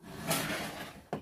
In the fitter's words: connect the battery until it clicks